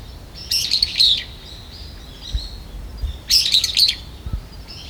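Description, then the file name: Brown-eared bulbul giving two harsh, squealing calls about three seconds apart, each a quick cluster of shrill, grating notes, over faint low background rumble. "hiyodori"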